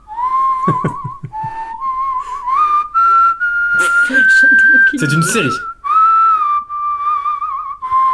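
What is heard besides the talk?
person whistling a tune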